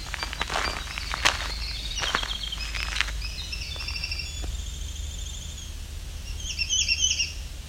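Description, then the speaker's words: Winter Wren: footsteps crunch at first, then Winter Wren song follows: thin, high, fast trilling phrases, with another bright burst near the end. Entrance of a nature preserve at Alvar Bay near Lake Huron, said to be full of winter wrens; a very buggy day. "As you can hear, it's full of winter wren."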